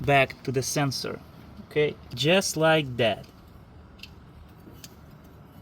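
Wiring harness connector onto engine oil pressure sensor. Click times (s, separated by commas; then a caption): 4.0 s, 4.8 s. On a 2014 Toyota Prius V, the wiring harness electrical connector is pushed back onto the newly installed engine oil pressure sensor while someone talks. After the talking, two short sharp clicks are heard at 4.0 s and 4.8 s as the connector seats snugly onto the sensor.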